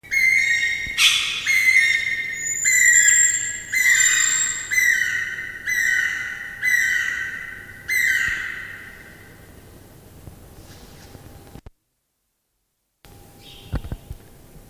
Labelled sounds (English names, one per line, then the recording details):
Common Marmoset call
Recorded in captivity
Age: adult
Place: Zoo Berlin, Berlin, DE
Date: 2000-08-29
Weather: fair, 21°C
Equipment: Nagra SN, Kopie Uher 4000 Report Monitor
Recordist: Tembrock, Günter